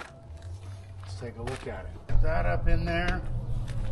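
A low seat for a Honda Transalp motorcycle is handled and put up onto the frame while someone talks, with a few soft knocks and rustles of handling. Nothing has seated or clicked yet; the clip ends before the seat lock latches.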